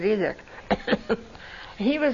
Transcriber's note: coughs